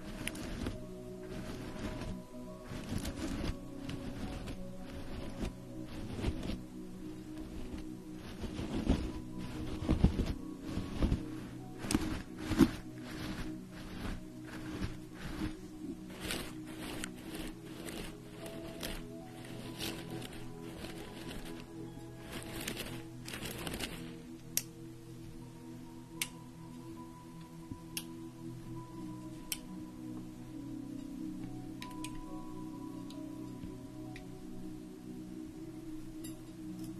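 Facial treatment with steam, cream and massage: dense soft tapping and rubbing for twenty-odd seconds over a low hum, then sparser clicks.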